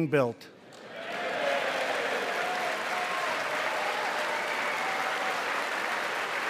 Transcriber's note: applause